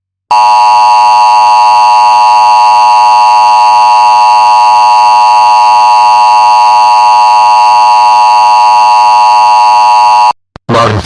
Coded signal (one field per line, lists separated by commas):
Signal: Emergency Alert System (SAME) tones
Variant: 853 and 960 Hz attention tone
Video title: eas scenario snippet cuz the post got one like as i promised